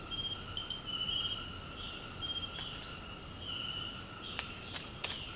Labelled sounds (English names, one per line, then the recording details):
none
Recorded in secondary vegetation near Puerto Asís, Putumayo, Colombia, on 13 March 2025 at 18:00
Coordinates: 0.502, -76.326
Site G100